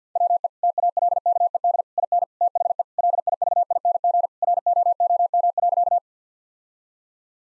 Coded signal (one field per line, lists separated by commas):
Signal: Morse code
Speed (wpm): 50 wpm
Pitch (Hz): 700 Hz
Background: none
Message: WE TALKED IN THE LIVING ROOM.